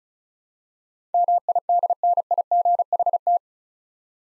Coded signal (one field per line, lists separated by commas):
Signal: Morse code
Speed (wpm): 36 wpm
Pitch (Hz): 700 Hz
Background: none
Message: MIDNIGHT